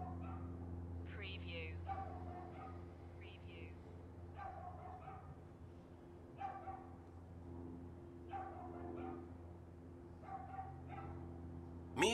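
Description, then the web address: Dog yapping persistently, quick high-pitched yaps in clusters, some doubled, repeating throughout over a low steady hum, ending with a brief rising squeak. Constant yapping from a dog in a neighborhood background. "lynne-publishing Neighborhood Background Constant Yappy Dog"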